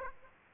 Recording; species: mosquito wingbeat signal from an infrared sensor; Aedes aegypti